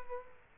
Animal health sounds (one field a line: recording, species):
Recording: mosquito wingbeat signal from an infrared sensor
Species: Culex quinquefasciatus